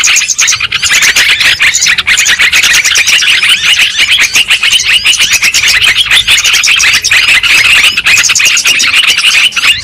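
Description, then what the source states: Lovebirds chattering in a dense flock, a continuous stream of shrill squeaky twitters and chirps with no pauses. Lovebird calls used as a lure sound for trapping birds.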